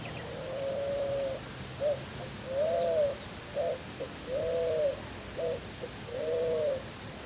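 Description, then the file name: Spot-winged pigeon cooing: long coos alternating with short clipped notes, repeated about every two seconds over a steady background hiss. Recorded at Arredondo, Córdoba. "Paloma-Manchada Arredondo"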